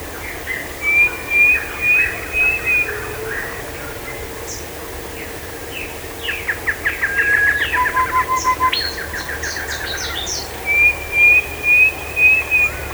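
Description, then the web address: Bird calls: repeated rising whistled notes at the start and end, with a rapid chattering series of chirps and a lower flat whistle between them. "BIRD 2015 SABIOD 50 bird 2015"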